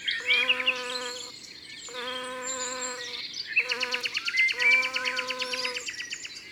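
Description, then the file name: Bumblebee buzzing, a low droning hum in sustained bursts of about a second, with short pauses between, while small birds chirp and warble in the background. Morning recording at Saint-Laurent-les-Bains, Ardèche, France. "Bourdon-matinal-Saint-Laurent-les-Bains-Ambiances-Sonores-d Ardeche-Studio-Les-Trois-Becs"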